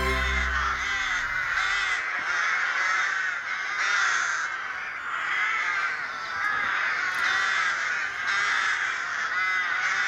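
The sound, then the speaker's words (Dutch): A dense, continuous chorus of rooks gathering after foraging to roost together at the Boompjeswal in Zutphen, cawing over one another, harsh overlapping calls forming a steady, loud racket with no pauses, and no voices. “Dit is het gezellige geluid van roeken.”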